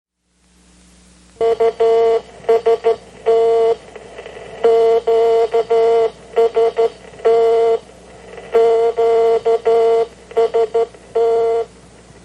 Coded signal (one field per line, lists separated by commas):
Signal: Morse code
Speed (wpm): 13 wpm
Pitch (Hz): 460 Hz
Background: none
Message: UST QST QST